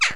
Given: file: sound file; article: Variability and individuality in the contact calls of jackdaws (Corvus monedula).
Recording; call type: jackdaw call; harmonic